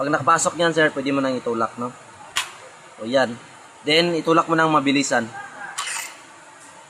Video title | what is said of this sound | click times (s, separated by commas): Unit mo sir mhi lex son from pagadian city (8mm steel ball) | So yan naka-lock na po yung ah sirens natin sa ating chick valve. | 5.8 s